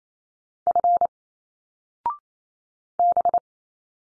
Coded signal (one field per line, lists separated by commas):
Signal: Morse code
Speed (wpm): 28 wpm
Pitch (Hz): 700 Hz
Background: none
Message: F B